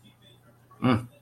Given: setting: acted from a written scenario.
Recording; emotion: vocal sound without words; neutral